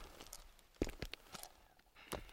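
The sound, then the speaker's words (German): A sailor walks slowly across a courtyard 70 to 80 paces long, at 7:15 on Saturday 14 February: a handful of soft, gritty steps at an unhurried, slightly uneven pace, fairly quiet, with no voices. “Februar, 7.15 Uhr, und der Matrose geht langsamen Schrittes über den Hof.”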